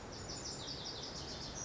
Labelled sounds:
Lazuli Bunting
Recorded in Sonoma County, California

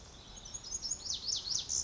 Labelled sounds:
Pacific Wren
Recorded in Sonoma County, California

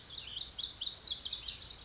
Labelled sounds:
Lazuli Bunting
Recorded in Sonoma County, California

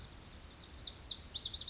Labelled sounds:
Lazuli Bunting
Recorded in Sonoma County, California

